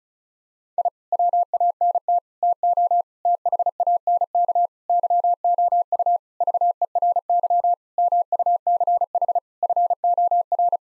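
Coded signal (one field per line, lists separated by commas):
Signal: Morse code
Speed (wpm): 34 wpm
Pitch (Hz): 700 Hz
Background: none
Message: I WANT TO THANK YOU VERY MUCH FOR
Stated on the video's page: Morse practice at 35 wpm of sentences containing common nine-word phrases, each sentence sent twice.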